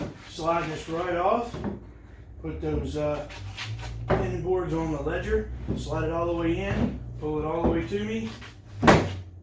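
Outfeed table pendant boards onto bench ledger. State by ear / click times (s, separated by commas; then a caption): not seated / none. An outfeed table's pendant boards are slid fully onto the wooden bench ledger while someone talks. Soft sliding and handling knocks are heard, with a sharper knock near the end. The table has not seated or locked yet.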